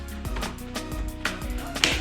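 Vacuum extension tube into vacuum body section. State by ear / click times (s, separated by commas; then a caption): seated / 1.8 s. A blue plastic extension tube is fitted into the next section of a GeeMo lightweight stick vacuum over steady background music, with a few soft knocks before it snaps in. A sharp click at 1.8 s marks the tube section seating together.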